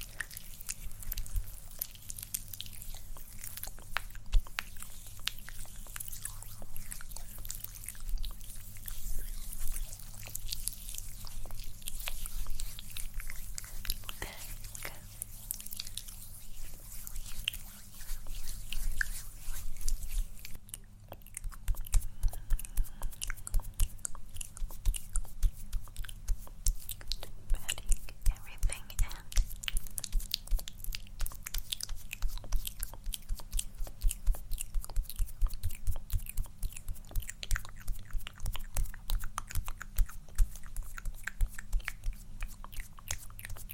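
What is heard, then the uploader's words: Wet mouth sounds are layered into a dense, continuous crackle of small clicks and smacks, bright and crisp against a steady low hum. The texture grows busier and louder after about twenty seconds, with rapid, irregular pops continuing to the end. LayeredMouth Sounds.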